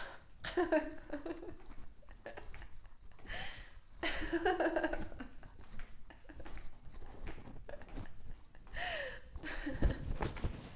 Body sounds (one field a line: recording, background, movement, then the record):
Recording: laughter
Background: quiet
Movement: walking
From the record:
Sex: female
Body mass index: 18.3 kg/m2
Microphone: on the chest, facing outward